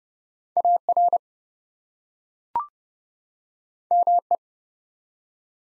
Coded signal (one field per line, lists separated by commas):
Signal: Morse code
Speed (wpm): 30 wpm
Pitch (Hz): 700 Hz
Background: none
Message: AR ME